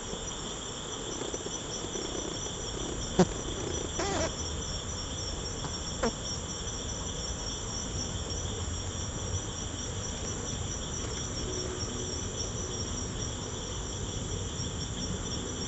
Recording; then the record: honeybee defence experiment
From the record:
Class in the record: control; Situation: empty test tube, no live specimens